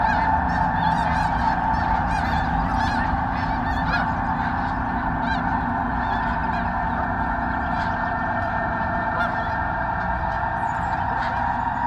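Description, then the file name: Snow goose: snow geese, a massed chorus of overlapping honks, busy and unbroken throughout, over a constant low droning background. Flock of snow geese taking off. "Sherk Scott Snow Geese take-off"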